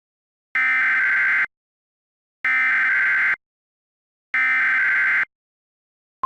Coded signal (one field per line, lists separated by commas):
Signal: Emergency Alert System (SAME) tones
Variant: header bursts